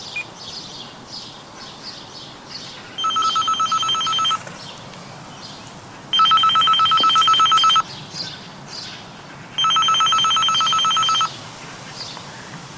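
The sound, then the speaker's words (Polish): An apartment doorbell at the top of a set of balcony stairs rings three times on a windy May day, each a rapid, trilling electric ring lasting about a second and a half, separated by short pauses, with faint birdsong and background ambience between rings. “Dzwonić? Dzwoń.”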